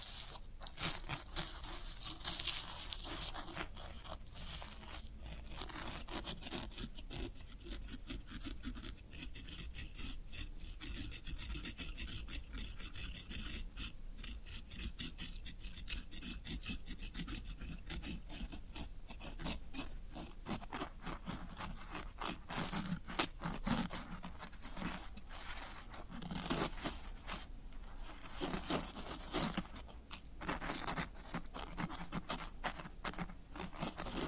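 Floral foam being rubbed, scraped and crumbled in a dense, continuous run of fine rasping textures, with brief gritty bursts and short pauses throughout.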